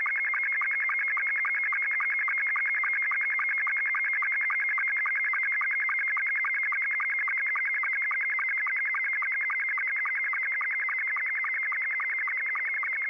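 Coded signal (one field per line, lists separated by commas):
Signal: SSTV (slow-scan television)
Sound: steady high warbling tone with a fast, regular rhythmic ticking throughout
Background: radio static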